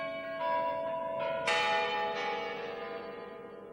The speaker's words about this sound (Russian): Часы били 12. На улице люди громко отсчитывали удары курантов.